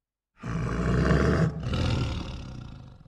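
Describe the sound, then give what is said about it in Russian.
A female big cat's deep, rumbling warning growl, loud and sustained, dipping briefly before a second rolling stretch of the same low snarl, with no voices. “Она издала низкое предупреждающее рычание.”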